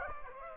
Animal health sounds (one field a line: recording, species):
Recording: mosquito wingbeat signal from an infrared sensor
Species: Aedes aegypti